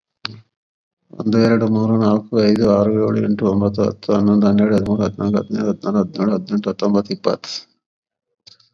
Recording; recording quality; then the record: counting at a fast pace; excellent, no background noise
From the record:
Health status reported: COVID-19 positive, mild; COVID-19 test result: positive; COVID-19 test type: RT-PCR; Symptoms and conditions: cough, sore throat, fever, fatigue, muscle pain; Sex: male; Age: 55 years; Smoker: no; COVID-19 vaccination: both doses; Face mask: not worn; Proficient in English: yes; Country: India